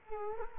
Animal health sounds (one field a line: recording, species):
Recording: mosquito wingbeat signal from an infrared sensor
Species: Culex quinquefasciatus